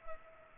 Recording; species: mosquito wingbeat signal from an infrared sensor; Culex pipiens